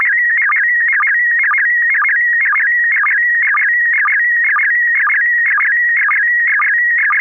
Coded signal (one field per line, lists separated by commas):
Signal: SSTV (slow-scan television)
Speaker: to the slow scan. That is a good copy here in the Thomas. We're going to go to George for a first comment on this picture.